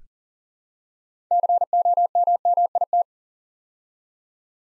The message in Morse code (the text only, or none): COMMIT